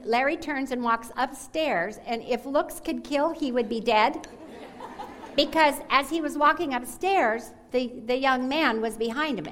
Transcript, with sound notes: Larry turns and walks upstairs, and if looks could kill, he would be dead. (laughter) As he was walking upstairs, the young man was behind him.